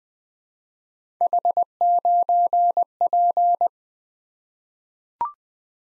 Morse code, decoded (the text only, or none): H9P